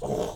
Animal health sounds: pig call; piglet (1 to 25 days)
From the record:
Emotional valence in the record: negative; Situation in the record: restrain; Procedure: in the arms of a person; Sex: male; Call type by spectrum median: low-frequency call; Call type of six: low-frequency stable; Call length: 0.36 s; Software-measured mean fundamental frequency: 54 Hz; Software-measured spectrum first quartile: 344 Hz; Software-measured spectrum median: 525 Hz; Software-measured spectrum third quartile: 865 Hz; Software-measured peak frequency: 441 Hz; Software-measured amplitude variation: 157 dB a second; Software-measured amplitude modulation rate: 26.7 a second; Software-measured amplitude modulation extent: 5.9 dB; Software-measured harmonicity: 1.9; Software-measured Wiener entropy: -0.58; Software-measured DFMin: 909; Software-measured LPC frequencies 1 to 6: 537, 3154, 5595, 6255, 6924, 7715 Hz

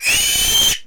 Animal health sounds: pig call; piglet (1 to 25 days)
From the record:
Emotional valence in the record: negative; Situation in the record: restrain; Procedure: sham castration, cut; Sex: male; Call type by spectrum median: high-frequency call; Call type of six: high-frequency modulated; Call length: 0.87 s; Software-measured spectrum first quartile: 2841 Hz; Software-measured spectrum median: 4696 Hz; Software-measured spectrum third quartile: 7944 Hz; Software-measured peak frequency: 3149 Hz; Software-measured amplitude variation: 94 dB a second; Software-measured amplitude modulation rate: 16.7 a second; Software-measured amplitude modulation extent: 5.6 dB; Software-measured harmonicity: 4.7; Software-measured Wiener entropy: -2.17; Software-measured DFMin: 831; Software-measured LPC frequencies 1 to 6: 776, 2568, 3128, 4153, 5123, 6182 Hz

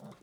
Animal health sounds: pig call; piglet (1 to 25 days)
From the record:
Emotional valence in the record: negative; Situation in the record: long isolation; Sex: male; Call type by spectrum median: low-frequency call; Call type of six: mixed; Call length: 0.23 s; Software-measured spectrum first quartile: 193 Hz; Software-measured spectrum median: 416 Hz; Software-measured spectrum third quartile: 1003 Hz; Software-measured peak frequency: 192 Hz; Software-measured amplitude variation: 121 dB a second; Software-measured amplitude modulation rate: 17.4 a second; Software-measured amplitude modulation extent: 6.9 dB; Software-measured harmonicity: 3.4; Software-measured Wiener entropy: -0.17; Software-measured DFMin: 787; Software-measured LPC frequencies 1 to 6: 1991, 3658, 4918, 5564, 6415, 8132 Hz

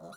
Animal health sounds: pig call; piglet (1 to 25 days)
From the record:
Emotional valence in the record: negative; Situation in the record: long isolation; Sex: male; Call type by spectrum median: low-frequency call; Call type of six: mixed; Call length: 0.17 s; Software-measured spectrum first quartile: 487 Hz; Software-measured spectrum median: 825 Hz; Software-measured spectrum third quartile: 2363 Hz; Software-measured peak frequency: 676 Hz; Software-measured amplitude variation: 66 dB a second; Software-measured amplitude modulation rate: 14.7 a second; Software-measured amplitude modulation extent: 4.5 dB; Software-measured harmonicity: 3.1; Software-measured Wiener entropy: -2.92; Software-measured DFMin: 983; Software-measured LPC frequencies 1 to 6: 654, 1391, 2803, 4007, 5830, 7198 Hz

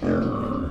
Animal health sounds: pig call; growing-finishing pig (85 days or more)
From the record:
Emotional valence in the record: negative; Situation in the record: barren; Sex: male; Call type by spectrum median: low-frequency call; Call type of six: low-frequency modulated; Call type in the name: low-frequency modulated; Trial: 2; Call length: 0.70 s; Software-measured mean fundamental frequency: 53 Hz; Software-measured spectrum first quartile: 213 Hz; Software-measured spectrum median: 350 Hz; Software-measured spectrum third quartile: 705 Hz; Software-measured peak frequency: 237 Hz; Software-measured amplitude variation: 141 dB a second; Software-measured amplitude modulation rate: 30.6 a second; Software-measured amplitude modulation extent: 4.6 dB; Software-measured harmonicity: 0.4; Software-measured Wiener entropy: -0.76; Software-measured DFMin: 883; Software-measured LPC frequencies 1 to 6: 382, 1225, 2603, 4665, 5375, 6205 Hz

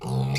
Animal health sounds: pig call; weaner (32 to 43 days)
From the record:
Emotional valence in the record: negative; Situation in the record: short isolation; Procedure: open field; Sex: female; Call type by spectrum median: low-frequency call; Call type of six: mixed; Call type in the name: high-frequency modulated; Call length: 0.39 s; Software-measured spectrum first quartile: 140 Hz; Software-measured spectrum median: 382 Hz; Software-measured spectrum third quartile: 1975 Hz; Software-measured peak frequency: 143 Hz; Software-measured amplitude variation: 72 dB a second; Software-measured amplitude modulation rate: 24.5 a second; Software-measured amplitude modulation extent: 2.9 dB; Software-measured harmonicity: 6.1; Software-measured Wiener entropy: -3.49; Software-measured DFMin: 654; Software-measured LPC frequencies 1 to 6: 836, 2150, 2494, 3603, 4281, 4734 Hz

